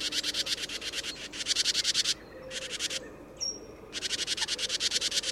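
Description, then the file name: Great tit churr call: harsh rattling bursts, each made of rapid pulses, in several runs separated by pauses, with a thin high note between. "Parus major"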